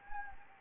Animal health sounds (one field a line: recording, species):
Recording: mosquito wingbeat signal from an infrared sensor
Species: Anopheles gambiae